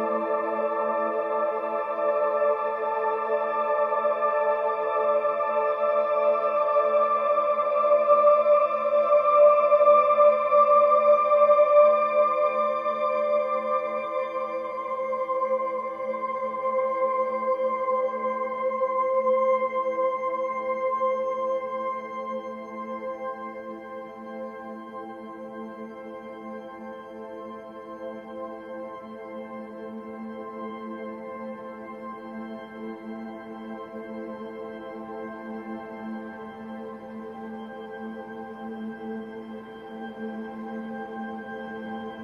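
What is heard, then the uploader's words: Several steady pure tones sound together in a layered drone, from a low hum up through clear mid and higher pitches, with a soft bowl-like shimmer. The blend is fuller and louder for the first twenty seconds, then settles quieter and unchanging. All 9 Solfeggio Frequencies + Binaural Beats.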